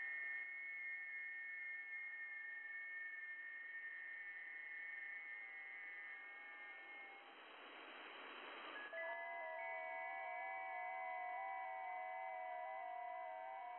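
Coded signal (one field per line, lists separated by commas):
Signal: FT8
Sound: several overlapping steady tones shifting pitch in small steps, brief hiss burst, then new tones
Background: radio static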